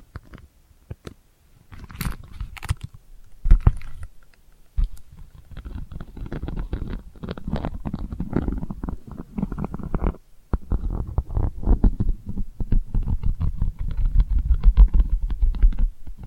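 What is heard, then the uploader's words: Delicate scratching starts as sparse, crisp clicks, then thickens after about five seconds into a dense, low, rumbling scrape with a brief pause near ten seconds. ASMR Delicate Scratching for Sleep (No Talking).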